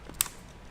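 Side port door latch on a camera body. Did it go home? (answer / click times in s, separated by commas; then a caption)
released / 0.2 s. The small latch on the side port door of a brand-new Sony A7iii camera body is flipped to open the door. After a faint tick near 0.1 s, a single sharp, bright click sounds at 0.2 s as the latch releases and the door opens, followed by quiet.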